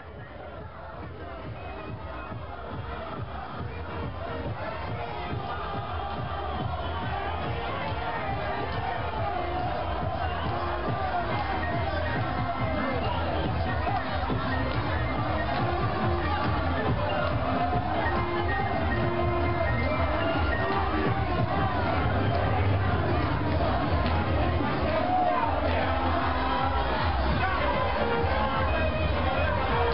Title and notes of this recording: Lijiang evening bar revelry. Drunken revelry, music and other sounds from a restaurant/bar at night in the Old Town section of Lijiang, China